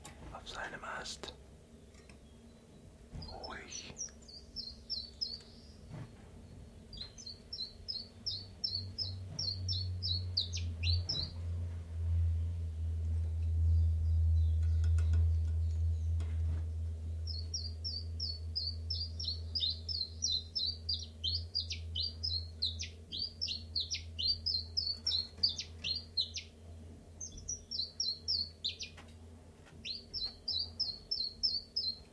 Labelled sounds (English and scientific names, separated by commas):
Common Chiffchaff (Phylloscopus collybita)